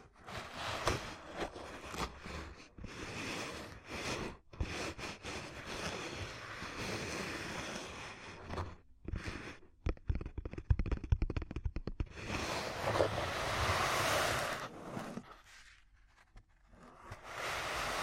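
Ear cupping sounds with dense rushing, muffled swishes that swell and cut off abruptly, including a burst of rapid crackly taps around ten seconds.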